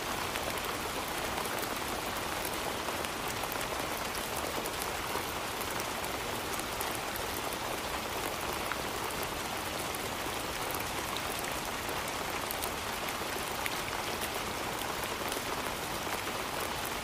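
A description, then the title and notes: Summer rain falls steadily and densely for the whole stretch, a constant hiss with countless fine drops pattering on a nearby surface. The sound is bright and even, with no pauses or swells, and a faint low rumble sits underneath. Relaxing Summer Rain Sounds.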